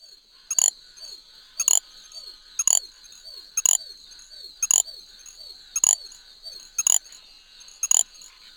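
Little grass frog giving eight high, tinny chirping bursts, each roughly a second apart, over a steady high hum.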